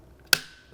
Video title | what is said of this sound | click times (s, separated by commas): BMW X3 Wiper Blade replacement DIY (2019-2025 BMW G01 X3 M40i, xDrive30i, F97 X3 M) | Make sure you hear that audible click and engagement. | 0.3 s